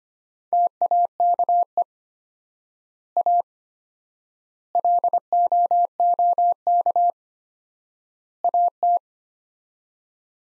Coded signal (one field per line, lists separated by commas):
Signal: Morse code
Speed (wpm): 25 wpm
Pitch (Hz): 700 Hz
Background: none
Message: TAKE A LOOK AT